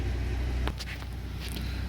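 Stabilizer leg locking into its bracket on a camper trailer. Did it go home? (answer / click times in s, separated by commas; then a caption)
yes / 0.7 s. A metal stabilizer leg on the second side of a pop-up camper trailer is locked into its bracket. Over a steady low rumble, a sharp metallic hit sounds at 0.7 s, followed by a fainter tap at 1.5 s. The leg locks into place at 0.7 s.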